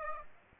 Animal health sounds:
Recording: mosquito wingbeat signal from an infrared sensor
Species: Aedes aegypti

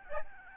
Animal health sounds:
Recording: mosquito wingbeat signal from an infrared sensor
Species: Aedes albopictus

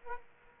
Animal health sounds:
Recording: mosquito wingbeat signal from an infrared sensor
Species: Aedes aegypti

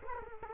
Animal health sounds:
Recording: mosquito wingbeat signal from an infrared sensor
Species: Culex quinquefasciatus

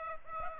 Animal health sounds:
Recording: mosquito wingbeat signal from an infrared sensor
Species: Aedes aegypti

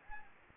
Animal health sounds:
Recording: mosquito wingbeat signal from an infrared sensor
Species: Anopheles gambiae

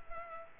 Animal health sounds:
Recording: mosquito wingbeat signal from an infrared sensor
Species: Culex pipiens

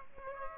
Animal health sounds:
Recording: mosquito wingbeat signal from an infrared sensor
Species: Aedes aegypti

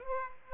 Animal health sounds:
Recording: mosquito wingbeat signal from an infrared sensor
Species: Aedes aegypti

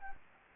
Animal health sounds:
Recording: mosquito wingbeat signal from an infrared sensor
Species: Anopheles gambiae

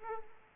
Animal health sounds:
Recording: mosquito wingbeat signal from an infrared sensor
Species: Aedes aegypti

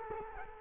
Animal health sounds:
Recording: mosquito wingbeat signal from an infrared sensor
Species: Culex quinquefasciatus

